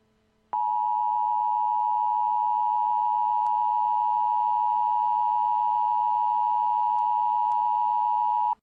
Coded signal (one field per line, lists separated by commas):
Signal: Emergency Alert System (SAME) tones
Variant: 853 and 960 Hz attention tone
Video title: [EAS Mock] Nuclear Attack